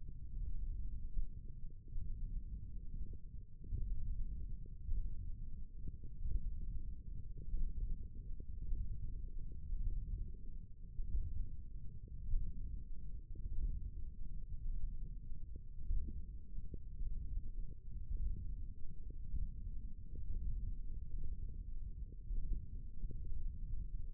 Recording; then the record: forearm muscle sounds (acoustic myography)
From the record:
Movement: tripod grip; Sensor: system 1, eight BSWA MPA416 microphones around the upper forearm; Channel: 1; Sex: male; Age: 18 years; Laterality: right